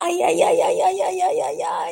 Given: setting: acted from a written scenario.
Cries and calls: vocal sound without words; pain

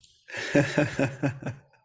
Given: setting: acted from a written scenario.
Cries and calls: vocal sound without words; amusement

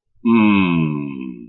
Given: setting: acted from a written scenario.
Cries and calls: vocal sound without words; disappointment

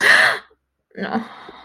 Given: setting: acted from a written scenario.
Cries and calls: vocal sound without words; negative surprise

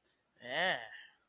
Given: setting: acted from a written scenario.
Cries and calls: vocal sound without words; disgust

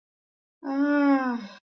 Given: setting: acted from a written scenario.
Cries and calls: vocal sound without words; contentment

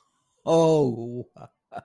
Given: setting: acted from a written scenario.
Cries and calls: vocal sound without words; realization

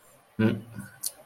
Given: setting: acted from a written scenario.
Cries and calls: vocal sound without words; neutral

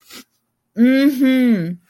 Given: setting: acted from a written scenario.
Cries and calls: vocal sound without words; pride

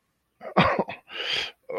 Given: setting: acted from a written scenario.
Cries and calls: vocal sound without words; sadness

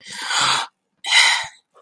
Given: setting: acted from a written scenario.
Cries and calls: vocal sound without words; elation

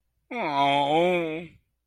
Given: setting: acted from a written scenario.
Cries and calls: vocal sound without words; guilt

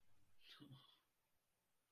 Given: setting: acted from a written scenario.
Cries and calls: vocal sound without words; guilt

